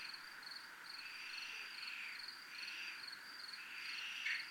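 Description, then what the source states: Cricket chirping in steady high pulses, with a few louder rasping swells rising and fading over a hissy background. Recorded in a military zone.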